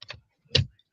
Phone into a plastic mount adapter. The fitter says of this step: just pops right in here, Yeah, exactly.